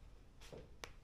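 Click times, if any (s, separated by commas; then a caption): 0.8 s. A tripod part, either the mount holder or a leg section, is pushed into place, with a soft sliding rustle from about 0.4 to 0.6 s. A single sharp click at 0.8 s marks it snapping into its lock. The part is now locked in place.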